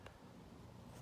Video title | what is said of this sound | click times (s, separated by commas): Putting Goldie's steering column back together. #twodrunkbrosgarage #twodrunkbrothersgarage #buick | And then that just snaps into place and holds that one down. | 0.1 s